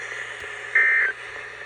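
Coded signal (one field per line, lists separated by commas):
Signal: Emergency Alert System (SAME) tones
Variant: end-of-message bursts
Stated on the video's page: Real alerts from severe storms and a winter storm in northern Florida.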